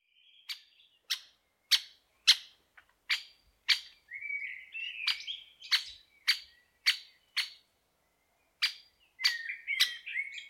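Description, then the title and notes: Great spotted woodpecker calls: short, sharp kix notes repeated roughly twice a second, pausing briefly near the end, with a twittering songbird heard between them. "Great spotted woodpecker. Большой пёстрый дятел by deepsweet"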